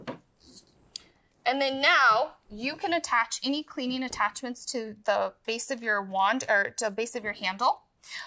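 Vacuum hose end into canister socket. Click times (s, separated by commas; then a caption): 1.0 s. The end of the hose of a Miele Blizzard CX1 Turbo Team bagless canister vacuum is pushed into its socket on the canister, and it seats with a sharp click at 0.96 s. After that, someone talks.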